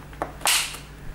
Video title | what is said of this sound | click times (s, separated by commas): Dishwasher constantly draining Balay, Constructa, Kuppersbusch, Neff, Siemens, Tecnik. | into its location and when you push it back in you will clearly hear it click and | 0.2 s